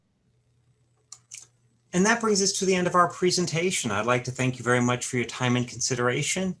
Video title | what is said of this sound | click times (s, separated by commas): Upgrading your door with the New SARGENT 10X Lock and How it is Installed | Slide the inside lever on and make sure you hear it engage the lever catch | 1.1 s